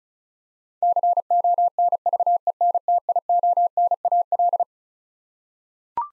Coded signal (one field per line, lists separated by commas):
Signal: Morse code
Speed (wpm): 36 wpm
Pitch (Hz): 700 Hz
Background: none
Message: CONVENTIONAL